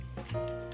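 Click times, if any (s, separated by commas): none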